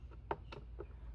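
A spring clip on the plastic air filter housing lid of a 2023 Volkswagen Tiguan's airbox is snapped shut during an engine air filter replacement. A sharp click at 0.3 s marks it seating, with fainter clicks and handling sounds around it. The clip is confirmed good.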